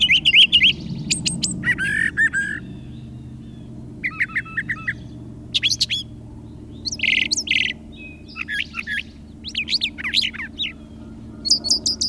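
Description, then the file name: Brown thrasher song, a rapid sequence of varied phrases of chirps, buzzy notes and sharp whistles, some phrases repeated, with a low hum underneath. "suara-kicauan-brown-trasher -omkicau"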